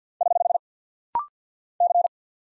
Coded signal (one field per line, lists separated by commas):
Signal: Morse code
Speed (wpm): 50 wpm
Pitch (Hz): 700 Hz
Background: none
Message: <HH> C